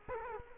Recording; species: mosquito wingbeat signal from an infrared sensor; Culex quinquefasciatus